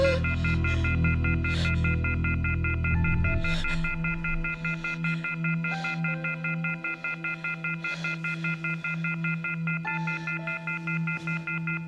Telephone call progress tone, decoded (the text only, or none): off-hook warning tone